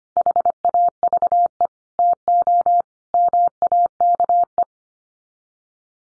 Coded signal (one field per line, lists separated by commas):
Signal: Morse code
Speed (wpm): 25 wpm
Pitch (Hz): 700 Hz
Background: none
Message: HAVE TO MAKE